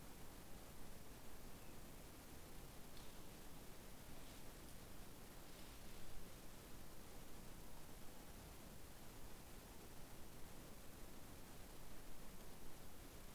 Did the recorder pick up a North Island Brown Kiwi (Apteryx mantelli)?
no